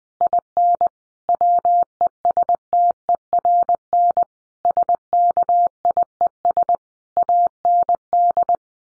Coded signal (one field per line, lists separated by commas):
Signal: Morse code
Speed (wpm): 20 wpm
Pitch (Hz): 700 Hz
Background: none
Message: IN WESTERN SKIES AND